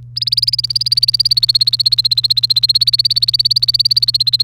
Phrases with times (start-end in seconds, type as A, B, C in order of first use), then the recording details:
0.16-4.43 A. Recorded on 1 May 2018 at 10:57. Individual llb3